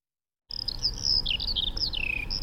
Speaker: So klingt die Feldlerche.